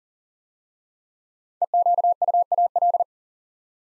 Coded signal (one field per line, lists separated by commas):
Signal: Morse code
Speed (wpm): 39 wpm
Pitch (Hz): 700 Hz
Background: none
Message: EQUAL